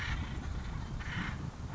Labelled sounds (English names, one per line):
Acorn Woodpecker